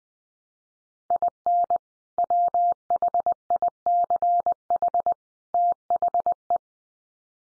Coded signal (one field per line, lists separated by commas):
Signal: Morse code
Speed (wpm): 20 wpm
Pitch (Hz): 700 Hz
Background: none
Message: IN WHICH THE